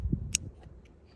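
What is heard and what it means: A plastic shade umbrella clamp is snapped back onto a plant support or pole, and it seats with a sharp, bright click at 0.4 s. A soft low thump comes just before at 0.1 s, and a faint tick follows at 0.9 s.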